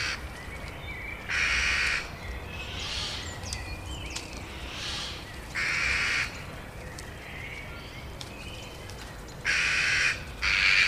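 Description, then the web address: Eurasian jackdaw calls, several harsh grating bursts with quiet gaps between, over a low background hiss. "agykontroll Madardalok Cd 2. Csóka"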